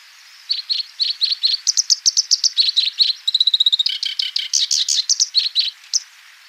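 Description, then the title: Oriental Reed Warbler song: quick grating notes in a busy, jerky series, including a fast rattling burst midway and high squeaky phrases. Melodious, vigorous singing used as training audio to teach other birds. "Masteran Suara Merdu Burung Kerak Basi Besar Gacor"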